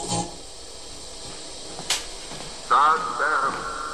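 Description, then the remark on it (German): Steady radio static hisses throughout, broken by a couple of brief crackling bursts, then a louder warbling, whistling interference tone wavers in and out near the end. “Bekommen Sie etwas herein? Nur Störgeräusche.”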